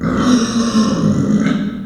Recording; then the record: squeal of a Yucatan mini pig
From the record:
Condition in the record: after surgery on the right vocal fold (resection and tissue-engineered implant); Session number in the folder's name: 9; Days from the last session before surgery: 65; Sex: female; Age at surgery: 19 weeks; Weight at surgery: 25 kg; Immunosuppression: prednisolone